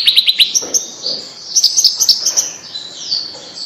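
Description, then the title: Bird chirping in short high twittering phrases, bright repeated notes with brief pauses between bursts. "Kicau Burung Yoi"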